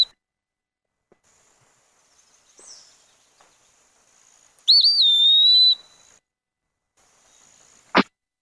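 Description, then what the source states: Eastern Wood-Pewee song, a single clear slurred whistle surrounded by quiet, with a sharp click near the end. Song said to say its own name clearly.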